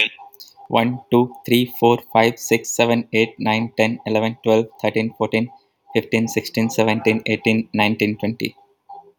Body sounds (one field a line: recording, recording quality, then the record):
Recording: counting at a fast pace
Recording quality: excellent, no background noise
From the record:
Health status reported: healthy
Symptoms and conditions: hypertension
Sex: male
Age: 30 years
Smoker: not ticked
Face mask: not worn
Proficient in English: yes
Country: India